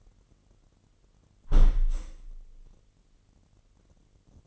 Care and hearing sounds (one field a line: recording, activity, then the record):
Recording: daily activity, microphone in the room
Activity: close window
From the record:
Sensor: 4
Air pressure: 998.9 hPa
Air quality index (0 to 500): 126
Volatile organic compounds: 2 ppm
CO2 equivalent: 1239 ppm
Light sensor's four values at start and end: 8/19/7/8 and 8/19/7/8